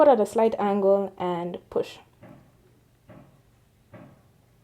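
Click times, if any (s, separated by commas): none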